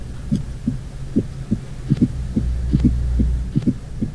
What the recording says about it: Listen to a fourth heart sound. I will begin with. 3 normal beats and then add the fourth heart sound. There's an. Extra sound that interrupts the usual cadence. It sounds like a stone skipping, a blum-blum, blum-blum, duh. We often say that's similar to the word Tennessee, where if you think about the first 2 syllables of Tennessee, we roll them together, tenna, and that's what.